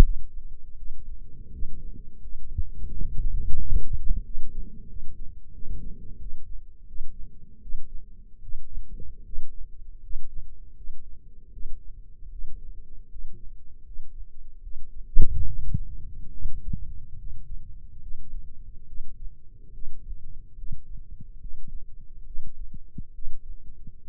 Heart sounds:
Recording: heart sounds by microphone in the left ear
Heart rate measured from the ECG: 77 bpm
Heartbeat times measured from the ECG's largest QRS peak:
0.01 s: heartbeat
0.76 s: heartbeat
1.50 s: heartbeat
2.19 s: heartbeat
2.88 s: heartbeat
3.56 s: heartbeat
4.23 s: heartbeat
4.87 s: heartbeat
5.52 s: heartbeat
6.18 s: heartbeat
6.86 s: heartbeat
7.60 s: heartbeat
8.40 s: heartbeat
9.23 s: heartbeat
10.00 s: heartbeat
10.74 s: heartbeat
11.51 s: heartbeat
12.29 s: heartbeat
13.09 s: heartbeat
13.83 s: heartbeat
14.61 s: heartbeat
15.45 s: heartbeat
16.32 s: heartbeat
17.16 s: heartbeat
18.00 s: heartbeat
18.86 s: heartbeat
19.72 s: heartbeat
20.56 s: heartbeat
21.39 s: heartbeat
22.24 s: heartbeat
23.13 s: heartbeat
24.03 s: heartbeat
From the record:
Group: healthy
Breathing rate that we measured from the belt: 17 breaths a minute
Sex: male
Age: 35 years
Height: 178 cm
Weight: 64 kg

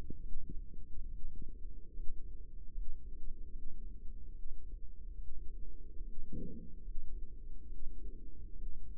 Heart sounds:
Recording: heart sounds by microphone in the right ear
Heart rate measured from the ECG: 72 bpm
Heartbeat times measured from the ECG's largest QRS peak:
0.19 s: heartbeat
1.07 s: heartbeat
1.92 s: heartbeat
2.70 s: heartbeat
3.49 s: heartbeat
4.29 s: heartbeat
5.14 s: heartbeat
6.00 s: heartbeat
6.80 s: heartbeat
7.65 s: heartbeat
8.52 s: heartbeat
From the record:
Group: healthy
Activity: rest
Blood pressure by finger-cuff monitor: 139/87 mmHg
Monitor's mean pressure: 102 mmHg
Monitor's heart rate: 72 bpm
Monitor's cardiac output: 6.2 L/min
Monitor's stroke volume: 86 mL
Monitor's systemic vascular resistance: 1210 dyn s/cm5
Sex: female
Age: 22 years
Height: 171 cm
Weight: 65.6 kg

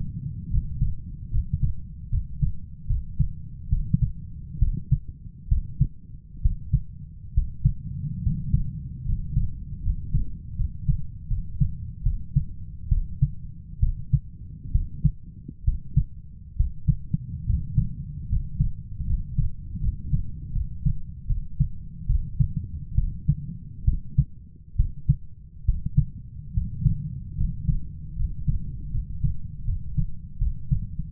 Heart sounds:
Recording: heart sounds by stethoscope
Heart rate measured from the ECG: 72 bpm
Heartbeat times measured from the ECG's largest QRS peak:
0.49 s: heartbeat
1.30 s: heartbeat
2.09 s: heartbeat
2.86 s: heartbeat
3.69 s: heartbeat
4.58 s: heartbeat
5.48 s: heartbeat
6.41 s: heartbeat
7.33 s: heartbeat
8.22 s: heartbeat
9.05 s: heartbeat
9.82 s: heartbeat
10.55 s: heartbeat
11.27 s: heartbeat
12.02 s: heartbeat
12.88 s: heartbeat
13.79 s: heartbeat
14.71 s: heartbeat
15.64 s: heartbeat
16.56 s: heartbeat
17.45 s: heartbeat
18.28 s: heartbeat
19.05 s: heartbeat
19.80 s: heartbeat
20.52 s: heartbeat
21.26 s: heartbeat
22.06 s: heartbeat
22.94 s: heartbeat
23.84 s: heartbeat
24.76 s: heartbeat
25.65 s: heartbeat
26.53 s: heartbeat
27.36 s: heartbeat
28.15 s: heartbeat
28.90 s: heartbeat
29.64 s: heartbeat
30.38 s: heartbeat
From the record:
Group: healthy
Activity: cold pressor test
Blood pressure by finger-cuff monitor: 129/76 mmHg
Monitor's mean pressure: 90 mmHg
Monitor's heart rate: 71 bpm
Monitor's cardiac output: 7.7 L/min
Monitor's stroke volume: 109 mL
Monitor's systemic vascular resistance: 860 dyn s/cm5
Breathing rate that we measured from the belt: 7 breaths a minute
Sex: male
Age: 23 years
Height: 178 cm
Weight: 96.6 kg

